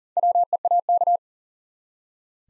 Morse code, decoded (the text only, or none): WEAK